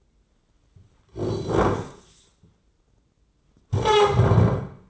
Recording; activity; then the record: daily activity, microphone in the room; sit down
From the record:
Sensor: 3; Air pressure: 995.9 hPa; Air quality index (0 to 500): 247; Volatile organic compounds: 1000 ppm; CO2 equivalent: 6334 ppm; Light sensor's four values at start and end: 38/91/40/43 and 40/98/43/46